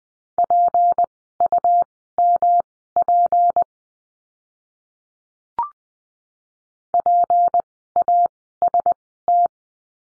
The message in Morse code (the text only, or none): PUMP PAST